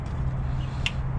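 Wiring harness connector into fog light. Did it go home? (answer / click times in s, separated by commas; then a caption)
yes / 0.9 s. A passenger-side wiring harness connector is pushed into the fog light socket on a 2020 Silverado during a fog light install. A short, sharp click sounds at 0.9 s over a steady low hum. The connector seats fully.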